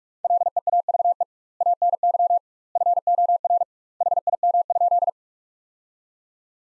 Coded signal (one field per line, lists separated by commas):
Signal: Morse code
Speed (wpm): 42 wpm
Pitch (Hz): 700 Hz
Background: none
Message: LEAVE ANY FOR HIM?